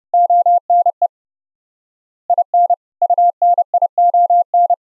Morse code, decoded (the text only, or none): ONE IN UNION